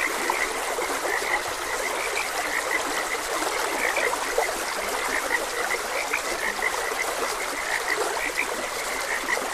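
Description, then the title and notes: Frogs chirp and croak in a thick, even chorus while a stream hisses steadily in the background. Frogs croaking beside a gentle stream. "Gentle Stream and Frogs Croaking. Sleep and Relaxation Podcast"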